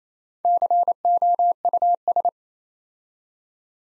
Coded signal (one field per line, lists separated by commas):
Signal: Morse code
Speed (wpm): 28 wpm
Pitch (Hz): 700 Hz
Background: none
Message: COUS